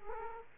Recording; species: mosquito wingbeat signal from an infrared sensor; Culex quinquefasciatus